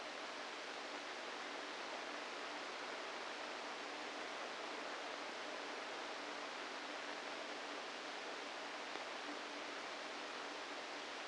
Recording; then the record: brain microelectrode recording played as sound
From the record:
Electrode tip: inside the subthalamic nucleus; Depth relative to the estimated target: -1 mm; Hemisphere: right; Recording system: NeuroSet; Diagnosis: Parkinson's disease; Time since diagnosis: 7 years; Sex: female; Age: 68 years